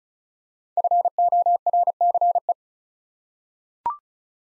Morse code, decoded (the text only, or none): FORCE